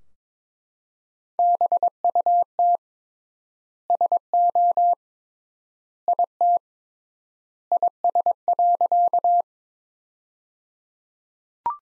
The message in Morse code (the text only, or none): BUT SO IT IS.